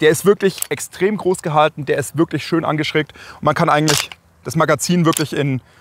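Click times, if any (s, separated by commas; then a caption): none. A pistol-caliber carbine magazine is handled at the carbine's large, flared magazine well, while someone talks throughout. The magazine slides into the well and locks, but within this clip nothing has seated or clicked yet.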